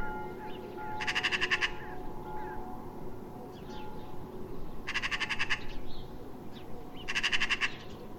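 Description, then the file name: Eurasian magpie uttering quick, harsh rattling chatters, three bursts in eight seconds, against a steady hum. "Pica pica"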